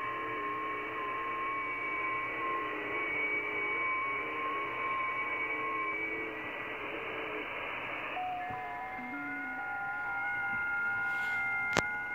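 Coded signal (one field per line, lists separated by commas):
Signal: FT8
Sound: several overlapping steady, faintly warbling narrow tones at different pitches, then a click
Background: radio static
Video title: V84SAA, Brunei ASIA, 10MHz, FT8, Worked by HL2WA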